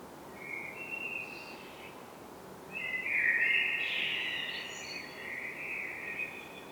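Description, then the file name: Common blackbird with two warbled phrases, a short fluty one followed by a longer, fuller run of mellow notes with scratchy high flourishes. "Turdus merula"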